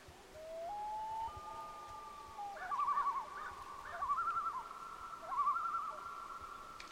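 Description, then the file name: Loon calling: a long, clear wail that steps upward in pitch, followed by several wavering tremolo phrases that rise and fall. Recorded at a lake. "loonlake"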